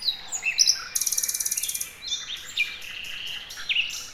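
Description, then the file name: Common nightingale song: sharp high whistles, then a fast dry trill of rapid repeated notes, followed by short slurred phrases and a final whistled note. "Luscinia megarhynchos"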